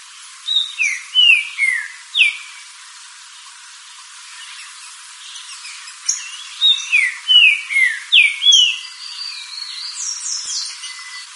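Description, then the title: Green-winged saltator singing two bursts of rich, descending whistled notes separated by a pause of several seconds. "Trinca Ferro Cantando"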